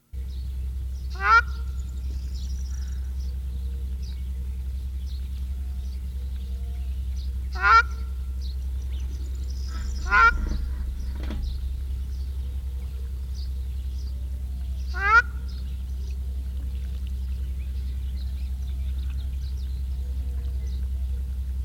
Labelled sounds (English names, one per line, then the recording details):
Ruddy Shelduck
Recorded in the wild
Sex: male
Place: Varna, BG
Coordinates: 43.427, 28.162
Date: 1974-06-06
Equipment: Nagra III BH, Sennheiser MD 21, parabola
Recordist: Schubert, Michael
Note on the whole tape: Rufe Rostgans - Männchen